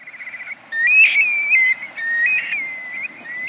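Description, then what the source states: Black-bellied Plover whistled calls: short quick notes at the start, then long plaintive slurred whistles that rise and fall, given several times. Juvenile about to make its first migratory flight south, in early September; hatched in the Arctic National Wildlife Refuge in mid-July.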